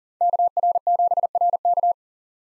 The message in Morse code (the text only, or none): KR7RK